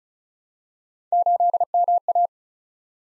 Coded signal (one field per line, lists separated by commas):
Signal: Morse code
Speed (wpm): 36 wpm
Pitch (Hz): 700 Hz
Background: none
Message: 8MA